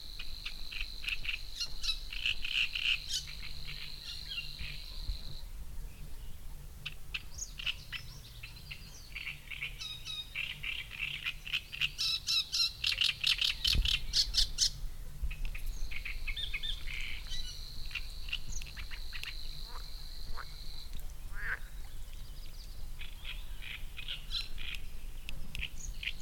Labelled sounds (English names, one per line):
Great Reed Warbler